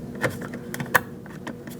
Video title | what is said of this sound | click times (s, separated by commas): How to Replace Front Window Regulators 2008-2014 Mercedes-Benz C300 | Make sure you hear that click. | 1.0 s